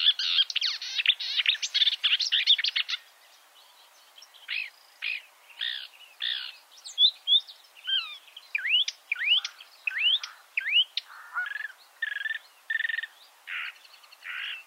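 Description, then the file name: Marsh warbler delivering a rich, harsh chattering song, then a pause and varied buzzy phrases mixed with quick rising and falling whistles. Chirping song. "suara kicauan burung marsh warbler. omkicau"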